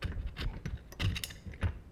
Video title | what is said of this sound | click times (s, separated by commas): Lower AR15 Build Tips and Tricks | So the trick is just to push it in, and if you hear the click, you are golden. | 1.2 s